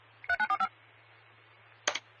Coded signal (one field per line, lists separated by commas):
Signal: DTMF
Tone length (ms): 70 ms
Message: 3945